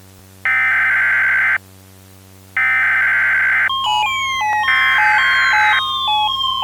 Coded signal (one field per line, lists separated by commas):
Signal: Emergency Alert System (SAME) tones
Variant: header bursts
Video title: (EAS Scenario) Blaiseing Entrapment